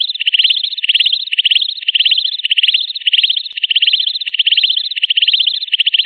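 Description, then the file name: Katydid giving rapid buzzy pulsed phrases in an unbroken rhythmic train. "suara belalang daun"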